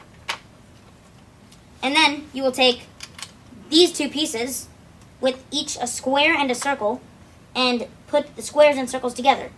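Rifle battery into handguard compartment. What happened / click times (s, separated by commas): The battery snapped into its compartment / 0.3 s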